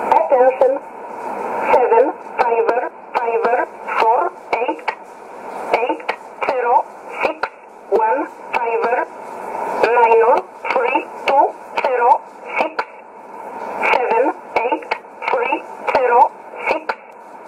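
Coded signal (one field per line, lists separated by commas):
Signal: numbers station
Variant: E11 Oblique, English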